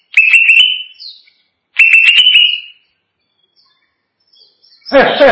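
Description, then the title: Greater green leafbird giving two buzzy notes that rise and flatten out, each about a second long, then a brief harsh noisy burst at the end. "Cucak ijo"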